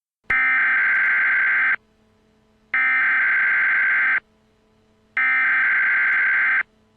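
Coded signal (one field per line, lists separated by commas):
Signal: Emergency Alert System (SAME) tones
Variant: header bursts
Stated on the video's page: Simulated Emergency Alert System scenario, not a real alert.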